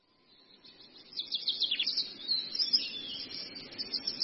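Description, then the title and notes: Long-tailed shrike song: fades in, then jumbled squeaky chattering notes with a sharp downward-slurred note early on, continuing in uneven high bursts. Recording made as masteran training audio for songbirds. "Masteran Burung Cendet"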